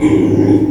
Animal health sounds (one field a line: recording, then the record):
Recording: squeal of a Yucatan mini pig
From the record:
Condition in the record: before surgery on the right vocal fold (resection and tissue-engineered implant)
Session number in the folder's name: 1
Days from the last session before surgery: -3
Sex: male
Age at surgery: 12 weeks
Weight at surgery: 13 kg